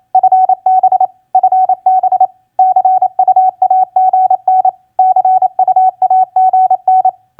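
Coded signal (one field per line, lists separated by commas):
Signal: Morse code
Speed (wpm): 28 wpm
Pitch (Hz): 750 Hz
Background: none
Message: FB FB CUAGN CUAGN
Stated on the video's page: Morse practice of common QSO elements (TU, FB, CUAGN) at 28 wpm.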